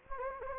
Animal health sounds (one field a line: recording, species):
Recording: mosquito wingbeat signal from an infrared sensor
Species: Anopheles gambiae